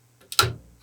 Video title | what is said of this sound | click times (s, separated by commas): The Anatomy of the Tikka Tac-A1 - Episode 1: Unboxing & Feature Overview | Fold it. You can just hear that. There's it's a meaty system that grabs | 0.3 s, 0.4 s